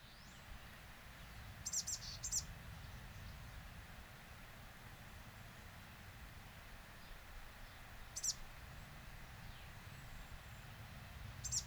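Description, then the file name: Eurasian blue tit uttering a few brief, very high, thin call notes scattered throughout, separated by long gaps of quiet low rumbling background. "Cyanistes caeruleus"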